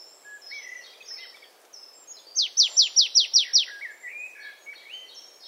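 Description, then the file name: Marsh tit giving a quick run of about seven sharp, high downslurred notes near midway, with softer thin chirps and whistles around it. "Poecile palustris"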